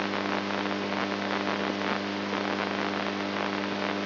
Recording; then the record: brain microelectrode recording played as sound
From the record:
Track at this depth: inside the subthalamic nucleus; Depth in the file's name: 3.121 mm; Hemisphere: right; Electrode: 2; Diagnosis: Parkinson's disease